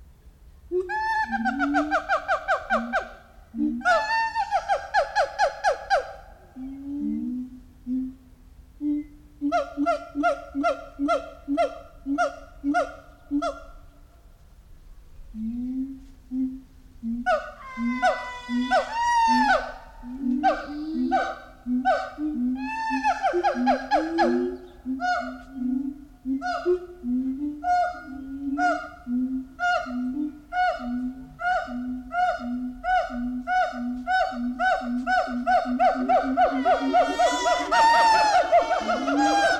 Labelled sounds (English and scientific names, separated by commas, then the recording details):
Siamang (Symphalangus syndactylus)
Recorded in captivity
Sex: diverse
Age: diverse
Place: Zoo Berlin, Berlin, DE
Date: 1993-07-17 10:50
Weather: 20-22 °C, heiter-wolkig
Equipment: Marantz CP 430, Sennheiser ME 80, Kopie Uher Variocord 263
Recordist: Tembrock, Günter